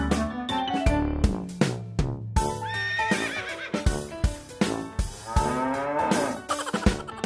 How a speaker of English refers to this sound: The cows on the farm say moo, moo, moo.